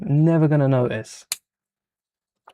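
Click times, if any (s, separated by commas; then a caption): 2.5 s. Someone talks for about the first second, followed by a short burst of noise around 1.3 s. A fragile plastic ball joint then snaps into its socket on a brick model with a brief, sharp click at 2.5 s, and it is seated.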